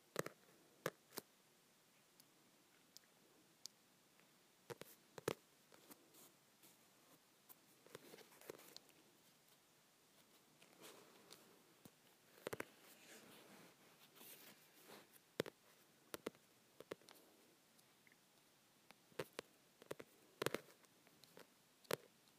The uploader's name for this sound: Tapping my Softcover Books